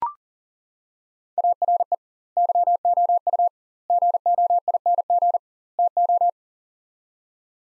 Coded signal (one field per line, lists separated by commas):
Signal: Morse code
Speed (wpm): 40 wpm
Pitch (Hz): 700 Hz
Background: none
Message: ARE YOU GOING TO